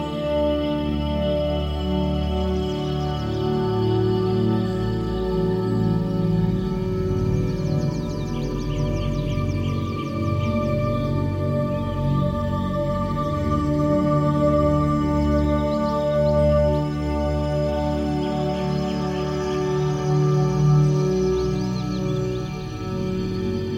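Ambient meditation music holds long, steady tones, mostly low and mid-pitched, with a soft pulse underneath and an even level throughout. Light bird chirps come in short bursts above it, around three seconds, eight, fourteen and again near twenty seconds.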